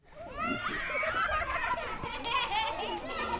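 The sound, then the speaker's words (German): A busy outdoor bustle in a refugee camp in the town of Yola, eastern Nigeria, as the day's heat fades: overlapping high voices, children shrieking and playing while women chatter, with a few sharp metallic clanks of kettles at cooking places cutting through the steady din. “Kinder spielen ausgelassen, an den Kochstellen klappern Kessel, Frauen schwatzen in der abschwellenden Hitze des Tages.”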